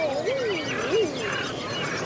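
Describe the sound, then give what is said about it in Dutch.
Curlews calling: a few soft, arching whistled notes that rise and fall, set against a constant wash of other faint bird calls. “En verder hoor je prachtige wulpen.”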